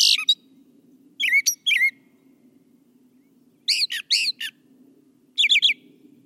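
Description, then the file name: Brown thrasher song: varied slurred and chattering phrases, each given in quick pairs or threes, separated by short pauses, over a steady low hum. "suara kicauan brown thrasher. omkicau"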